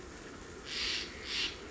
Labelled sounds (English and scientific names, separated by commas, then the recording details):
Steller's Jay (Cyanocitta stelleri)
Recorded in Sonoma County, California